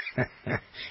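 Two quick, low, snorting grunts from Daisy, a dog, snoring close to a microphone, with faint background noise.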